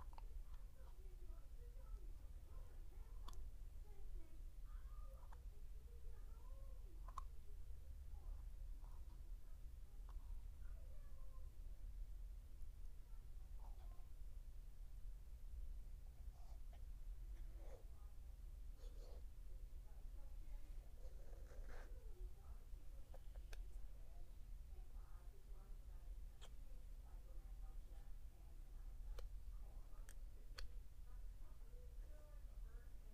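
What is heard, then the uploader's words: Mouth sounds, small clicks, smacks and soft wet noises, come in irregular clusters over the whole half minute, with sharp taps cutting through every few seconds. A steady low hum sits underneath. Mouth sounds and tapping.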